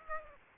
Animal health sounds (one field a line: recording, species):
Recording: mosquito wingbeat signal from an infrared sensor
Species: Aedes aegypti